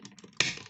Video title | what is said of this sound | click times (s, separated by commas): Transformers Studio Series Devastator Review | and then rotate it like so, so it clicks into place. | 0.4 s